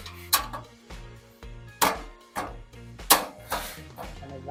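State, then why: Seated. A steel part of a JACOB wall-mounted steel shoe cabinet by Leapify Steel is hooked into the slots on the other side, first at the top and then at the bottom, and pushed down. Two loud metallic knocks sound at 0.3 s and 1.8 s as the hooks lock into place, followed by more knocks of similar strength. The part ends up seated and locked.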